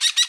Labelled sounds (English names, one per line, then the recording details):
Brown-throated Parakeet contact call
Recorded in Bonaire
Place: 1 km E of roosting area just N of Seru Largu
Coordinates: 12.199, -68.268